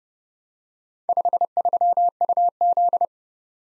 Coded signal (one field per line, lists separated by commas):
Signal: Morse code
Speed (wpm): 29 wpm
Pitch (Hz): 700 Hz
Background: none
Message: 53UZ